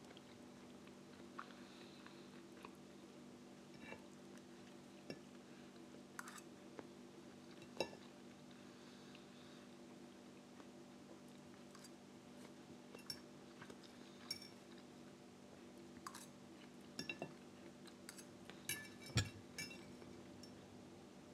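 Dinner-time eating sounds: scattered clinks of glass and cutlery over a steady low hum, with sharper clicks clustering after seventeen seconds.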